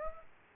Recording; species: mosquito wingbeat signal from an infrared sensor; Aedes aegypti